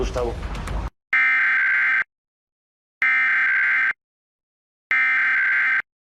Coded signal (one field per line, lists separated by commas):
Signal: Emergency Alert System (SAME) tones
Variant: header bursts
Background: speech